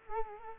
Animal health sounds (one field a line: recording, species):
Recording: mosquito wingbeat signal from an infrared sensor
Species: Culex quinquefasciatus